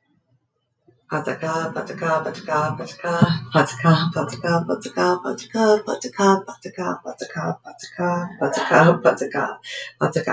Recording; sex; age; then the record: repeated syllables /pa ta ka/; female; 40 to 49 years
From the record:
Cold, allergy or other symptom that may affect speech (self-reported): no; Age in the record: 46 years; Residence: Minnesota, United States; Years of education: 15